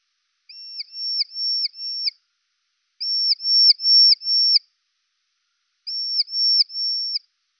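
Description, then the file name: Mehely's horseshoe bat echolocation calls: long steady whistled tones, each ending in a quick downward sweep, given in bursts of three or four with silent pauses between. "Rhinolophus mehelyi"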